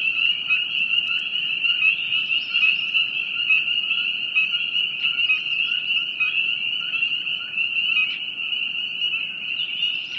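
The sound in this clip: Frogs calling in a dense chorus, a steady high trilling drone that holds one pitch without pause, with faint extra clicks and chirps above.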